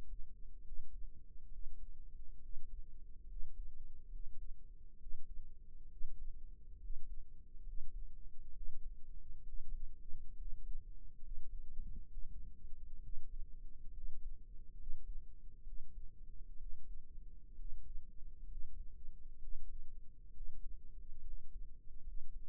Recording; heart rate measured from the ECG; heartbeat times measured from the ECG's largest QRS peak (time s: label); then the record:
heart sounds by microphone in the right ear; 67 bpm
0.62 s: heartbeat
1.49 s: heartbeat
2.40 s: heartbeat
3.26 s: heartbeat
4.09 s: heartbeat
4.97 s: heartbeat
5.88 s: heartbeat
6.78 s: heartbeat
7.62 s: heartbeat
8.51 s: heartbeat
9.43 s: heartbeat
10.35 s: heartbeat
11.19 s: heartbeat
12.08 s: heartbeat
12.99 s: heartbeat
13.92 s: heartbeat
14.75 s: heartbeat
15.63 s: heartbeat
16.57 s: heartbeat
17.55 s: heartbeat
18.46 s: heartbeat
19.39 s: heartbeat
20.31 s: heartbeat
21.22 s: heartbeat
22.02 s: heartbeat
From the record:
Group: healthy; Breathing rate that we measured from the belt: 16 breaths a minute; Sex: male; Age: 22 years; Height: 181 cm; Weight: 79 kg